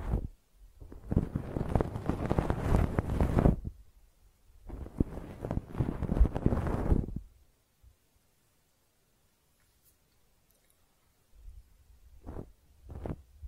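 Ear cleaning with two long bursts of dense scratching and rustling, from about 1 to 3.5 seconds and from 4.5 to 7 seconds. Near-silence follows until around 11 seconds, then a low rumble with two brief, sharp rubbing sounds near the end.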